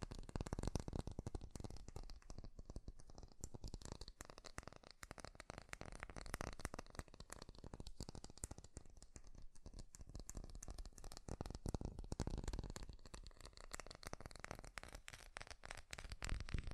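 Fast tapping fills the whole stretch: a dense, rapid run of crisp taps on a hard surface, with no talking. The rhythm stays busy and irregular throughout, with brief lighter patches around the middle and near the end.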